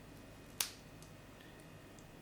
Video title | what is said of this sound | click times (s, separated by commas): MG Gundam RX-78-02 ver.3.0 - partie 2 (2024/04/06) | it now is in because it clicked in so that's good | 0.6 s